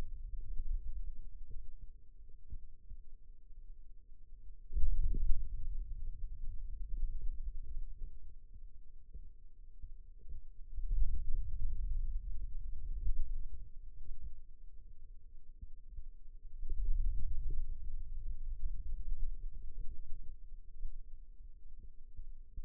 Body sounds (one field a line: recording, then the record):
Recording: forearm muscle sounds (acoustic myography)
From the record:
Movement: hand opening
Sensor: system 2, bracelet of six BSWA MPA416 microphones around the upper forearm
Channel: 2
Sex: male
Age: 22 years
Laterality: right